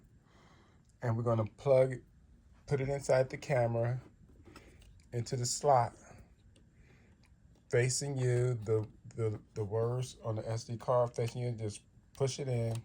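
A microSD card is lined up at the card slot of an AOV wireless outdoor WiFi 6 security camera with 24-hour continuous recording, its printed side facing the user, before being pushed in. Someone talks while faint small ticks occur at about 4.6, 4.8, 5.0, 6.6 and 7.2 seconds. Nothing has clicked or seated yet.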